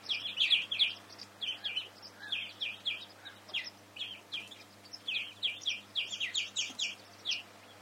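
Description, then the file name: European greenfinch calls: quick twittering chirps in small clusters, irregularly spaced, with light background noise. "Chloris chloris"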